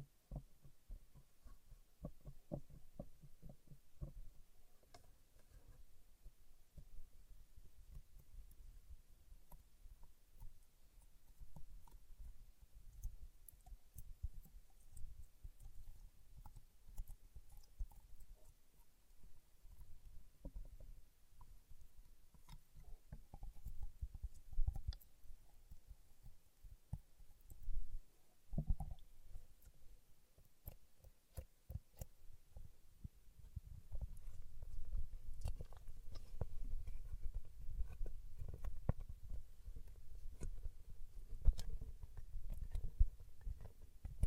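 Paraffin wax being peeled, tapped and scratched, heard as dense, irregular clicks and soft thuds with a low rumbling underlayer. Sharp ticks scatter throughout, with a brief louder burst near 28 seconds, and the sound grows fuller and busier after about 33 seconds.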